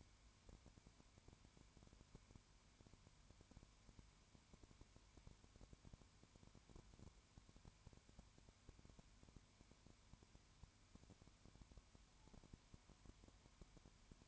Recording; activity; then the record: daily activity, microphone in the room; no activity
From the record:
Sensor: 2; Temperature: 20.0 degrees Celsius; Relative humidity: 32.0%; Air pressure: 1001.1 hPa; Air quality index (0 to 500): 55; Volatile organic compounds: 1 ppm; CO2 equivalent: 602 ppm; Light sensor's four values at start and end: 2/3/2/2 and 2/3/2/2